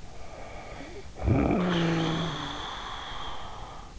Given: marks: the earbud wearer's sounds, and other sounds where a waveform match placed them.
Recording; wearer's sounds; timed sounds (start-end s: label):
sounds in sleep by an in-ear microphone; snoring breath
0.11-3.99 s: snoring breath